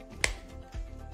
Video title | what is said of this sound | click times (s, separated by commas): Bona hardwood floor cleaner - Premium Spray Mop #shorts #canada | insert the cartridge into the holder until you hear a click | 0.2 s